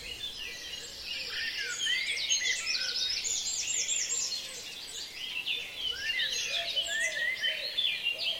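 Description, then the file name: Birds in a dawn chorus: a steady wash of overlapping chirps, slurred whistles and warbles, with a faint low drawn-out note underneath. "Reveil des oiseaux La Sonotheque"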